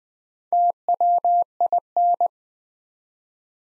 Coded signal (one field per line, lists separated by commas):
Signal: Morse code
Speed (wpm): 20 wpm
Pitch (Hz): 700 Hz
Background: none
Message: TWIN